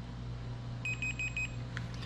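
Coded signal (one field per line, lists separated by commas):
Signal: none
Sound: multimeter continuity beep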